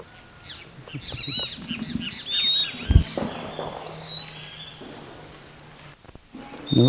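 Bird calls: busy, overlapping high chirps and short whistles for several seconds, with a loud thump and rustling midway.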